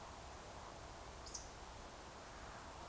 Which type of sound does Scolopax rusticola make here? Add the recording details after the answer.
whistle, croak. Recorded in Baden-Württemberg, Germany, on 29 June 2020 at 02:31 UTC. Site 43791, 788 m above sea level